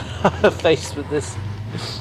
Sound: laughter